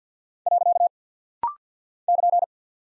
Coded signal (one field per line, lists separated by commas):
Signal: Morse code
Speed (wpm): 48 wpm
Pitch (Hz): 700 Hz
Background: none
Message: . <KN>